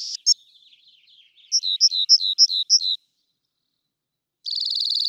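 Rock wren song: a buzzy note and chip, a short run of five repeated two-part notes, silence, then a rapid buzzing trill.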